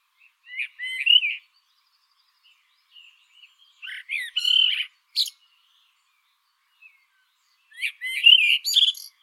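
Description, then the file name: Eurasian blackbird singing three phrases, each a soft whistled warble topped by sharp, squeaky high notes, with quiet gaps between them. "Turdus merula"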